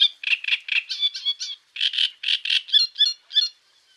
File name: Rousserolle turdoide